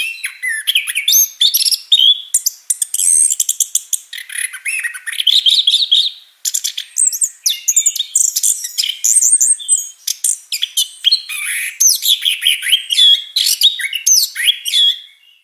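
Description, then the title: Orange-headed thrush singing a rapid, rich medley of rising and falling whistles, buzzy notes and clicks, delivered almost continuously with brief breaks. Singing vigorously and continuously. "Anis Kembang Gacor"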